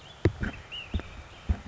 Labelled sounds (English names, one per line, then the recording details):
Ash-throated Flycatcher
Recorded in Sonoma County, California